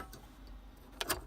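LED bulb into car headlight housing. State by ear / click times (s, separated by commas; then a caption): seated / 1.0 s. An LED headlight bulb for a Fiesta ST is pushed straight through the hole in the car's headlight housing, where a ball-type locking mechanism holds it. After a faint tick near 0.1 s over low background noise, a sharp click at 1.0 s is followed by a brief second snap as the bulb locks into place.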